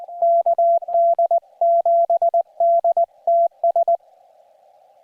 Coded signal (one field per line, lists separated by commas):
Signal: Morse code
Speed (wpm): 22 wpm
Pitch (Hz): 690 Hz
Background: none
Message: KD7DTS